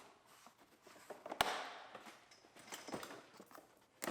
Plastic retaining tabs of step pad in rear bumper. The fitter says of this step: Squeeze them and pop them out.